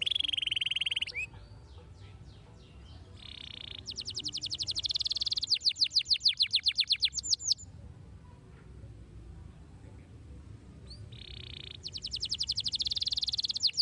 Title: Canto Para Esquentar Canário Belga. RANGSANGAN SUARA BURUNG KENARI GACOR - BIKIN KENARI MUDA JADI AKTIF BUNYI DAN BERKICAU